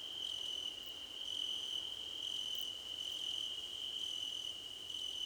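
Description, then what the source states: Crickets chirping as a group, a sustained high trill underneath with short higher chirp phrases recurring regularly. Several crickets singing together in a chorus, described as a choir competition.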